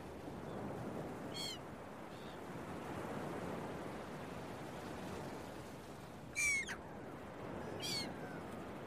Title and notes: Early Morning Seagulls and Beach Waves. Listen to the sounds of the seagulls and some relaxing beach waves early in the morning. RainManCJ